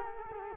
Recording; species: mosquito wingbeat signal from an infrared sensor; Culex quinquefasciatus